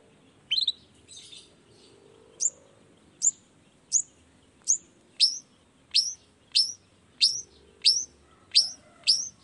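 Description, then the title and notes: Long-tailed shrike song of sharp downslurred whistled notes repeated in a steady series over a background hiss. Morning singing of a lively long-tailed shrike with 'toet toet' sound variations, intended to stimulate reluctant shrikes into singing quickly. "Cendet Gacor Dor Di Kala Pagi Toet Toet Variasi Suara J. Cendet Gacor Di Pagi Hari Rangsangan Emosi Cendet Malas Bunyi Supaya Secepatnya Ikutan Bunyi. Burung cendet"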